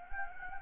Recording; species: mosquito wingbeat signal from an infrared sensor; Anopheles gambiae